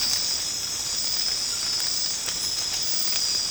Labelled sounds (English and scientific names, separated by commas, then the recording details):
none
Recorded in secondary vegetation near Puerto Asís, Putumayo, Colombia, on 8 March 2025 at 00:00
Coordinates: 0.485, -76.322
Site G040